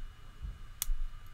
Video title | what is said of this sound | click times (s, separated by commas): [56] Master Lock No 575 Brass Padlock Picked Open | there we go nice good click there pin four | 0.8 s